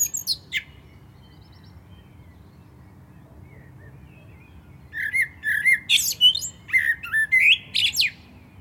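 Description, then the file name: Common blackbird song: a few brief high squeaks at the start, several seconds of quiet, then a rich whistled phrase mixing mellow notes with sharp, thin twitters. "Turdus merula"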